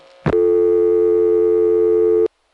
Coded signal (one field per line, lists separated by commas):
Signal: telephone call progress tone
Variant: North America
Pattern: dial tone